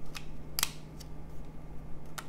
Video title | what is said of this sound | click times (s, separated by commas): 楽プラ スズキジムニー とても簡単な組み立て作業でリアルなカーモデル アオシマ スナップキット | はいでこちらのウィンドウなんですけどもサイドウインドウがですねパチパチっとこう | 0.6 s